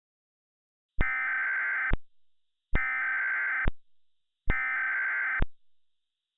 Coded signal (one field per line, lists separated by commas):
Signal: Emergency Alert System (SAME) tones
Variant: header bursts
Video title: EAS Recreation - National Periodic Test, 2011